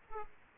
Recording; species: mosquito wingbeat signal from an infrared sensor; Aedes aegypti